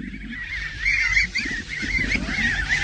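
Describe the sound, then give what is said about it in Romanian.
A flock of ten wild ducks calls continuously, with overlapping nasal, wavering cries that rise and fall in loudness over a low rumbling background. No one speaks. “Cele 10 rațe sălbatici înșelate una după alta?”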